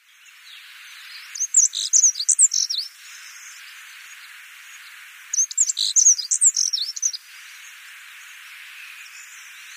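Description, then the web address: Black-throated accentor song: two short, high, rapid warbling phrases of scratchy chirps, roughly four seconds apart, over a faint hiss. "Schulze Peter Black-throated Accentor song"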